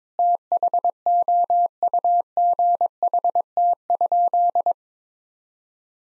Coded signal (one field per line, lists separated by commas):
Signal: Morse code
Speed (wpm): 22 wpm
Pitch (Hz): 700 Hz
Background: none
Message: THOUGHT?